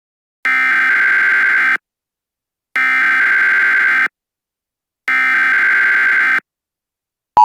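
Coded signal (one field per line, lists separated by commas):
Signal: Emergency Alert System (SAME) tones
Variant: header bursts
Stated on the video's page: Fictional EAS scenario, not a real alert.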